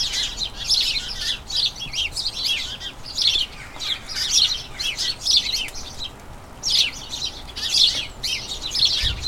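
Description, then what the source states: House sparrows chirping: many overlapping bright, high chirps in bursts of busy chatter with brief lulls between them. Colony of about a dozen house sparrows chattering incessantly in a small front garden as crocuses bloom; excited chatter before the breeding season.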